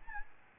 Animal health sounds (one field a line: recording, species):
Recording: mosquito wingbeat signal from an infrared sensor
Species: Aedes albopictus